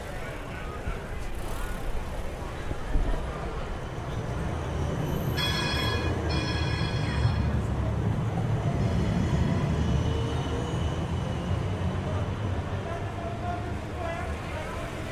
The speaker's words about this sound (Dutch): Bovendien sta ik op de trambaan, terwijl er van beide kanten nu trams aankomen en bij auto's niet overzien is.